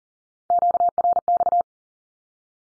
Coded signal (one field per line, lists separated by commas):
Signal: Morse code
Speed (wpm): 40 wpm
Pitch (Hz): 700 Hz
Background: none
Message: QRX